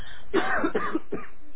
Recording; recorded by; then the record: voluntary cough; telephone call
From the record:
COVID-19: positive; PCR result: self-reported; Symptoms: yes